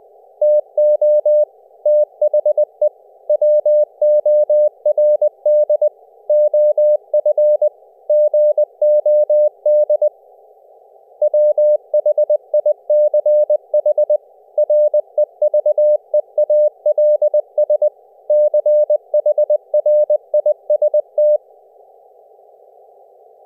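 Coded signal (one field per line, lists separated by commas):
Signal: Morse code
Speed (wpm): 20 wpm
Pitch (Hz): 600 Hz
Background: none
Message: TO THE WORD OF GOD WHICH REVEALS CHRIST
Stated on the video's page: CW on ELF-LF bands over IP via JackTrip to a Pi4 QSO server, with optional simulated HF background static added as comfort noise.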